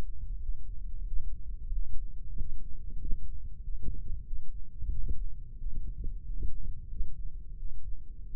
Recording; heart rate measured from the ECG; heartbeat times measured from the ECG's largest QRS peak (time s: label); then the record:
heart sounds by microphone in the left ear; 91 bpm
0.40 s: heartbeat
1.05 s: heartbeat
1.71 s: heartbeat
2.36 s: heartbeat
3.00 s: heartbeat
3.61 s: heartbeat
4.24 s: heartbeat
4.89 s: heartbeat
5.58 s: heartbeat
6.22 s: heartbeat
6.87 s: heartbeat
7.56 s: heartbeat
8.28 s: heartbeat
From the record:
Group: healthy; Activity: rest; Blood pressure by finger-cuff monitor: 97/61 mmHg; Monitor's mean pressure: 72 mmHg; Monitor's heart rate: 92 bpm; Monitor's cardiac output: 6.1 L/min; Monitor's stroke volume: 64 mL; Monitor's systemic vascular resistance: 830 dyn s/cm5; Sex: male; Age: 22 years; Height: 181 cm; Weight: 60 kg